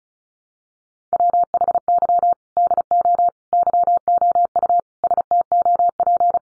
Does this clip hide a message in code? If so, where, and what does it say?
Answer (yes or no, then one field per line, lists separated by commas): yes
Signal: Morse code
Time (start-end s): 1.1-6.4 s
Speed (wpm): 34 wpm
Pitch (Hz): 700 Hz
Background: none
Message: WHY DO YOU STOP